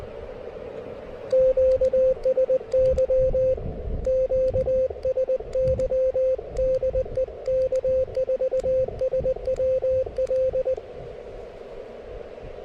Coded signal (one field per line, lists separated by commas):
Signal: Morse code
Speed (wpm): 20 wpm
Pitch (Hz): 520 Hz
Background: radio noise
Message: QSY QSY DE K4SWL